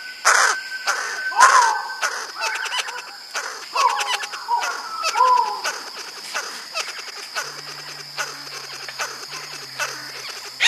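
Blue bird-of-paradise giving harsh, nasal calls of varied length, some rising and falling, in an irregular series over a steady high insect whine.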